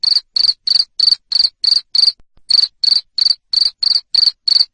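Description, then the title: Cricket chirping in loud, even pulses about three per second, high and shrill, with one brief pause midway. Loud cricket chirping (jangkrik ngerik) played to stimulate lovebirds to sing continuously (ngekek). "Suara JANGKRIK NGERIK Keras Bikin LOVEBIRD Jadi NGEKEK Terus Vubey"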